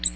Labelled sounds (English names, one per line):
Ovenbird flight call